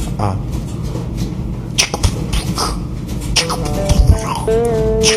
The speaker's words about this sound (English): There's that dryer. You know what that means. Hear the dryer in the background? I'll try to sync it to the metronome.